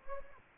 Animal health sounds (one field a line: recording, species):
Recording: mosquito wingbeat signal from an infrared sensor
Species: Anopheles gambiae